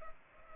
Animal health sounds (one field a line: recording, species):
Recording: mosquito wingbeat signal from an infrared sensor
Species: Culex pipiens